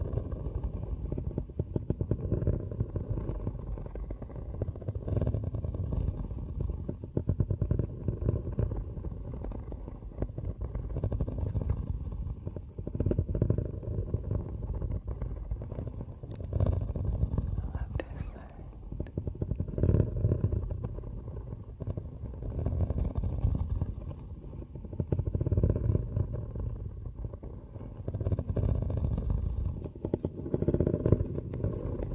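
Tapping and scratching on headphones or ear muffs, heavily muffled, a dense low rumbling rub with almost no brightness. The scratching swells and eases in waves every few seconds, with faint sharper taps scattered throughout.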